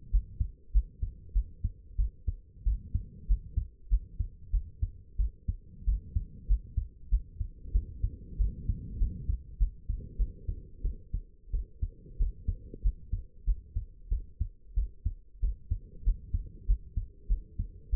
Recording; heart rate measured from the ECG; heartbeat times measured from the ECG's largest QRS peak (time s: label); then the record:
heart sounds by stethoscope; 94 bpm
0.11 s: heartbeat
0.72 s: heartbeat
1.33 s: heartbeat
1.97 s: heartbeat
2.64 s: heartbeat
3.27 s: heartbeat
3.89 s: heartbeat
4.51 s: heartbeat
5.17 s: heartbeat
5.85 s: heartbeat
6.47 s: heartbeat
7.10 s: heartbeat
7.72 s: heartbeat
8.38 s: heartbeat
8.98 s: heartbeat
9.58 s: heartbeat
10.17 s: heartbeat
10.83 s: heartbeat
11.52 s: heartbeat
12.18 s: heartbeat
12.82 s: heartbeat
13.45 s: heartbeat
14.09 s: heartbeat
14.75 s: heartbeat
15.41 s: heartbeat
16.04 s: heartbeat
16.66 s: heartbeat
17.28 s: heartbeat
17.91 s: heartbeat
From the record:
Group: healthy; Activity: rest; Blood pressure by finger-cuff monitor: 93/61 mmHg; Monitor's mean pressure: 75 mmHg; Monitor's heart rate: 94 bpm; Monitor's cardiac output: 8 L/min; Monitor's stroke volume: 86 mL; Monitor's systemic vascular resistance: 680 dyn s/cm5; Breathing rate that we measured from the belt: 20 breaths a minute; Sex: female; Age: 22 years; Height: 161 cm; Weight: 65.5 kg